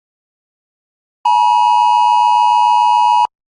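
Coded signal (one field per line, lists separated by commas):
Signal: Emergency Alert System (SAME) tones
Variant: 853 and 960 Hz attention tone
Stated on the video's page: IPAWS Wireless Emergency Alert, Civil Danger Warning.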